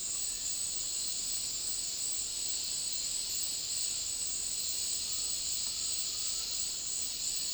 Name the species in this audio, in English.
none